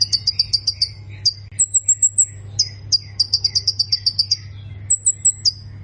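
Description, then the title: Plain prinia producing quick series of shrill, buzzy notes and a few thin, very high whistled trills, with a faint low hum behind. "Ciblek Sawah"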